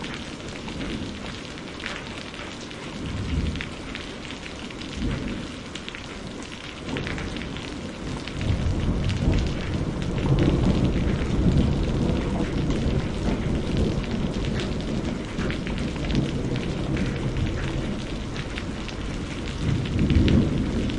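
Steady, dense rain patters while low thunder rumbles swell and roll underneath, growing heavier after about eight seconds and lingering throughout.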